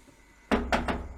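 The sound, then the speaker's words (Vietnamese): Three quick, heavy knocks strike a door in close succession, each a dull, booming thud with a short ringing tail, after a moment of quiet. “Tiếng gõ cửa dồn dập vang lên.”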